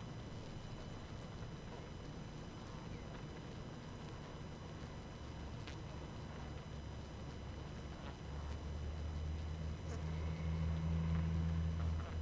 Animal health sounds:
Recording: honeybee colony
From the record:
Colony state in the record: active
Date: 12 June 2018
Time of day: 19:05

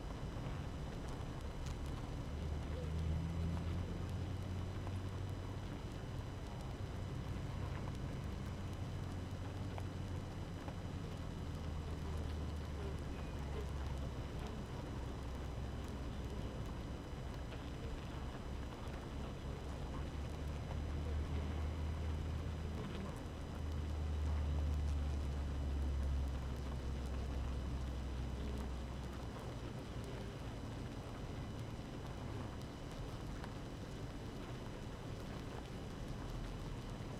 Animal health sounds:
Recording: honeybee colony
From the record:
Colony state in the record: active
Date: 12 June 2018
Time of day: 6:45

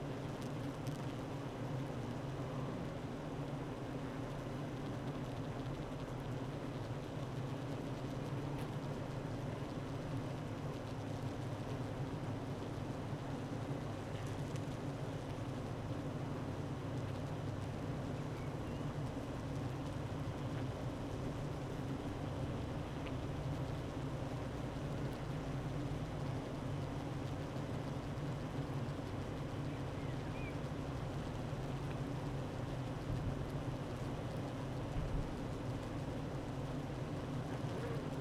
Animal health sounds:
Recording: honeybee colony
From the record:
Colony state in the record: active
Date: 12 June 2018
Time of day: 9:15

